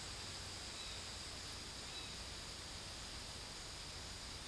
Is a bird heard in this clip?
no